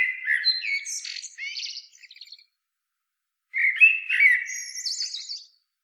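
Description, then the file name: Common blackbird singing two phrases separated by a short pause, each opening with mellow fluted whistles and finishing in a scratchy high twitter. "Turdus merula"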